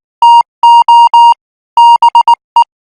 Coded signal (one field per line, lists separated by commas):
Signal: Morse code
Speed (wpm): 19 wpm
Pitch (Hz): 940 Hz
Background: none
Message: TO BE